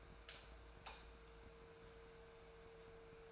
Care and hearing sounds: daily activity, microphone in the room; light off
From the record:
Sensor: 2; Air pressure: 1014.5 hPa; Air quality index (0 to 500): 177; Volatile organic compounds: 12 ppm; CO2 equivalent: 2336 ppm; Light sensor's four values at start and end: 36/94/40/43 and 32/79/34/38

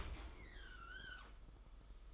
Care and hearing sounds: daily activity, microphone in the room; open dishwasher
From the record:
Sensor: 5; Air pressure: 991.5 hPa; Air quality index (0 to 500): 113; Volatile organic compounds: 31 ppm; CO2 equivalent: 2970 ppm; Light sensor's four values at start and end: 39/123/46/50 and 39/124/47/50

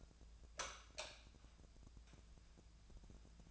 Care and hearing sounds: daily activity, microphone in the room; light on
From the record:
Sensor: 2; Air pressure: 999.8 hPa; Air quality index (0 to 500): 116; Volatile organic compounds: 2 ppm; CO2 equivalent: 997 ppm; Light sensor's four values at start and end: 22/57/24/26 and 27/74/30/33

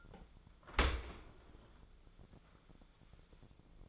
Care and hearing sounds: daily activity, microphone in the room; open dishwasher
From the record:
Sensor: 5

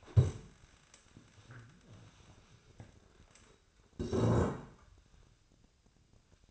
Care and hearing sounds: daily activity, microphone in the room; stand up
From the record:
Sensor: 2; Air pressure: 1000.3 hPa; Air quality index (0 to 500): 159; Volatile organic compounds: 3 ppm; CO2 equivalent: 1328 ppm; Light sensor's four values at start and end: 9/20/9/9 and 9/19/9/9

